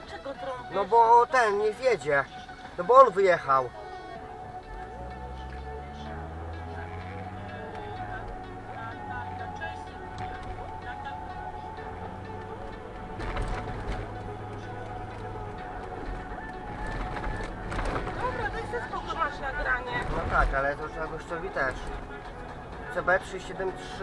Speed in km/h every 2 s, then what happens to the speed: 0, 0, 0, 21, 32, 39, 47, 56, 63, 68, 69, 64.
0-4 standing. 4-18 pulls away to 68. 18-24 steady at about 68.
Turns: none.